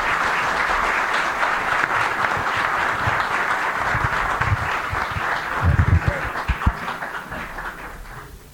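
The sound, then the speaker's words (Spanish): Sustained audience applause for Ricardo Foster at the 61st anniversary talk of the COOPI, a dense, steady wash of many hands clapping that holds fairly loud for several seconds before gradually thinning and fading at the end. “Un fuerte aplauso para Ricardo Foster.”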